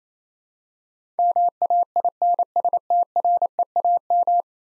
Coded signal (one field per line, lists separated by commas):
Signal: Morse code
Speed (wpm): 28 wpm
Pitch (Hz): 700 Hz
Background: none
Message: MAINSTREAM